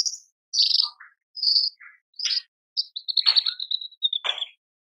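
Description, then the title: Horsfield's bush lark song: a string of separate chirps, buzzy bursts and whistles, then a thin, sustained high whistle with rapid trilled notes under it, with short pauses between. Masteran tutor recording for training cage birds, described as super gacor (singing continuously). "MASTERAN AMPUH KICAUAN BRANJANGAN SUPER GACOR"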